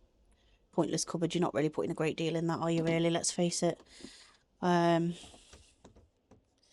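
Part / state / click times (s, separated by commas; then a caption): push-button latch on a motorhome cupboard door / not seated / none. Someone talks about a push-in button latch on a motorhome cupboard door. Faint rubbing and wood sounds follow near the end, with small sharp sounds at about 5.9 s and 6.6 s. The latch fails to release, the cupboard door does not open, and nothing has clicked or released yet.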